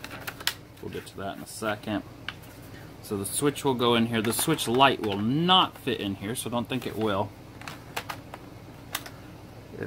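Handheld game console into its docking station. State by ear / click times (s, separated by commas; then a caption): seated / 8.0 s, 8.9 s. A Nintendo Switch handheld game console is lowered into its plastic docking station while someone talks, with handling noises throughout. It finds its guide slot and snaps into place, with seating clicks at 8.0 s and 9.0 s.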